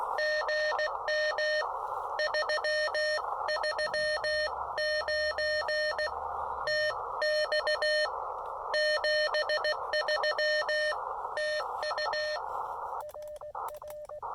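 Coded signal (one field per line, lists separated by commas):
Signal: Morse code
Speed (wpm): 18 wpm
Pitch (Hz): 600 Hz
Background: none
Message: GM 339 TX 73 TU RR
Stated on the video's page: Morse from a SOTA summit activation of Mount Pisgah using an Elecraft KX2 and a CHA MPAS Lite antenna.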